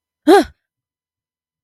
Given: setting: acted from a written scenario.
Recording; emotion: vocal sound without words; negative surprise